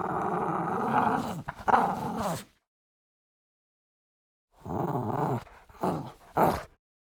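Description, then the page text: French bulldog giving an intense growling snarl, a long rough rumble, a pause, then another growl ending in two sharp snapping bursts. "French Bulldog Snarl Intense. Quick Sounds"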